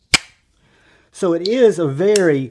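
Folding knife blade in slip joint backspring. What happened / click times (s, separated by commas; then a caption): The folding blade snapped shut / 0.1 s. A slip joint folding knife with a 14C28N blade is closed, and its backspring snaps the blade shut with one sharp snap at 0.1 s. After a short quiet, someone talks from about 1.2 s. The blade seats closed, and the joint is stable with no blade play.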